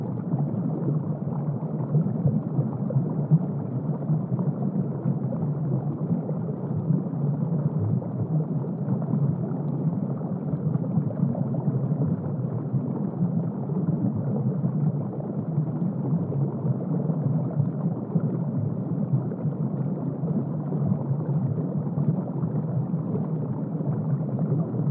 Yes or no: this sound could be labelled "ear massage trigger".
no